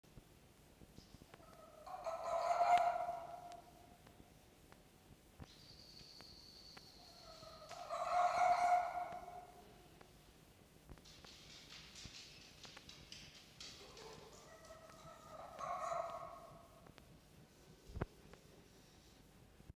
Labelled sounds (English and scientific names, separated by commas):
Red Fox (Vulpes vulpes)